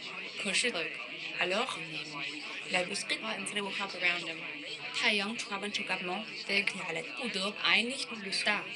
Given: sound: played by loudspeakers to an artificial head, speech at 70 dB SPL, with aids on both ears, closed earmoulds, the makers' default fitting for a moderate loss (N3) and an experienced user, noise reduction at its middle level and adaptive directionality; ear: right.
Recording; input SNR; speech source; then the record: speech test signal (ISTS) in cocktail-party noise; +6 dB; in front (0 degrees)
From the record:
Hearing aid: class 2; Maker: I